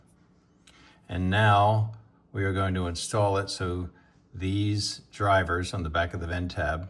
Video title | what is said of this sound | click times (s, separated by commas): A close look at an Car AC Vent Repair - Before & After AIr Vent Repair | I will basically going to slide it on, click it into place. You can hear that. | 0.7 s